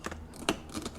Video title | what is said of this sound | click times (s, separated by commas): I Saved THOUSANDS Installing This Aquasure Harmony Water Softener System DIY | There you go. So it actually locks into place | 0.5 s